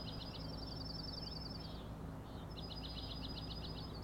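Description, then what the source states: Common nighthawk rattling: two fast pulsed trills separated by a short pause, against a low continuous drone. Three birds giving rattling noises at 4am on 16 June 2017, Schoodic Head overlook, Acadia National Park, Winter Harbor, Maine; flying closely following each other, passing near the recordist.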